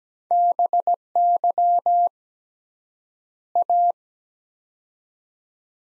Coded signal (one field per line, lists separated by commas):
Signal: Morse code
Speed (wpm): 17 wpm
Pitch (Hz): 700 Hz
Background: none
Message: BY A